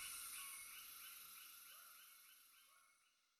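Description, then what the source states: Frogs giving a few rising chirps beneath loud continuous cicada buzzing, the whole chorus fading away toward the end. Tropical soundscape with cicadas and frogs calling together.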